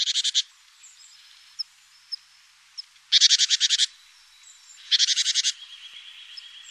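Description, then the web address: Great tit giving harsh, buzzy churring calls in three bursts of rapid pulses, with scattered short high chips between them. "Mesange charbonniere"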